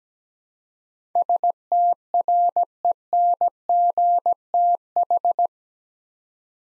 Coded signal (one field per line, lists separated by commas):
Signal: Morse code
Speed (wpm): 17 wpm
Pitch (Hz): 700 Hz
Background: none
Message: STRENGTH